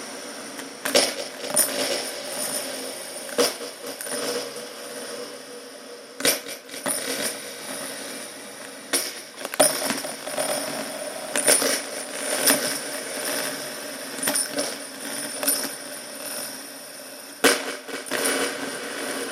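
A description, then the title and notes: Old pennies rattle and clink inside a plastic tub, producing sharp bright clicks scattered irregularly throughout, with clusters near the start, middle and around seventeen seconds. Between hits a steady low hum and faint hiss fill the background. Sounds of three old pennies in a plastic tub recorded via Pure Data for spatial effects, subsequently given some extra echo & reverb.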